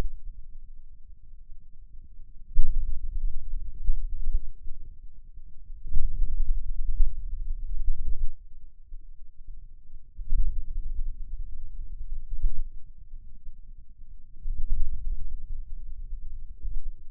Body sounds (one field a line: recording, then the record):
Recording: forearm muscle sounds (acoustic myography)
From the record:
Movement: wrist extension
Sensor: system 2, bracelet of six BSWA MPA416 microphones around the upper forearm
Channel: 1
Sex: male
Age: 22 years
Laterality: right